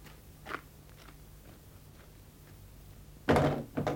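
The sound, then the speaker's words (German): A gate is shut and locked: a faint knock, a quiet stretch, then a heavy, loud thud followed quickly by a shorter metallic clunk. No one speaks. “Das Tor ist verschlossen.”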